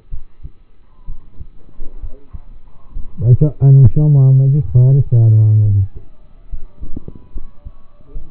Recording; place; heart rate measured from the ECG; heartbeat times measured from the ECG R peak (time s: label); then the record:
heart sounds by stethoscope; between the tricuspid and mitral areas; 67 bpm
0.09 s: heartbeat
1.06 s: heartbeat
2.00 s: heartbeat
2.92 s: heartbeat
3.82 s: heartbeat
4.72 s: heartbeat
5.62 s: heartbeat
6.49 s: heartbeat
7.32 s: heartbeat
8.12 s: heartbeat
From the record:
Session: rest, lying down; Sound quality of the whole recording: partially saturated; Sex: male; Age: 27 years